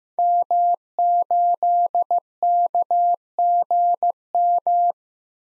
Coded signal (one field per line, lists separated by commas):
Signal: Morse code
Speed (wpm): 15 wpm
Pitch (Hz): 700 Hz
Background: none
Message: M8KGM